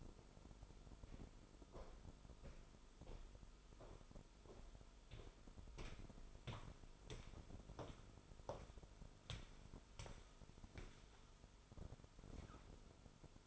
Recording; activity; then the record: daily activity, microphone in the room; walk to room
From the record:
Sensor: 5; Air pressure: 988.3 hPa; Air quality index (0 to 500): 194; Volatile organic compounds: 62 ppm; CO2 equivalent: 3436 ppm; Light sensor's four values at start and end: 48/144/56/60 and 48/137/55/60